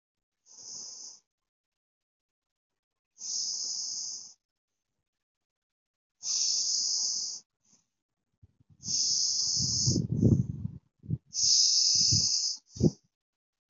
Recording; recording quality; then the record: deep breathing; excellent, no background noise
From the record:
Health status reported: healthy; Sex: female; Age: 56 years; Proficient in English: yes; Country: India